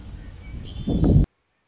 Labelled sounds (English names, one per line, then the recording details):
Red-winged Blackbird
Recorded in Sonoma County, California